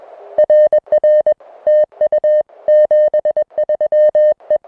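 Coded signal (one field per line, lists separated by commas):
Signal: Morse code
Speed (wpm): 21 wpm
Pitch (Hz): 610 Hz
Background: music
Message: RR TU 73 E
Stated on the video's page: Unedited CW contact audio from a Summits on the Air QRP activation of a mountain summit.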